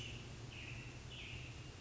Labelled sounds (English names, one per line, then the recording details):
American Robin
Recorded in Sonoma County, California